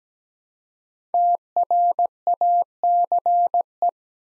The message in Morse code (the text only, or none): TRACE